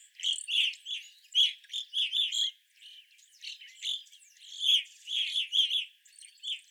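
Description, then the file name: Evening grosbeaks giving bright chirped calls, grouped in uneven bursts with a brief lull near the middle. Several evening grosbeaks, recorded 25 April 2021. "2021-04-25 Evening Grosbeaks"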